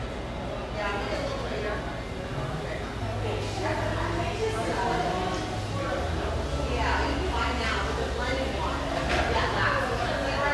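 Busy café background: many overlapping voices blend into a dense, continuous chatter with no single speaker standing out. The level stays steady throughout, and a low droning hum runs underneath for most of the clip, beginning around the three-second mark.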